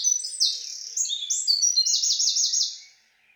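Wren song: fast high warbling notes ending in a dry, rattling trill, then falling silent.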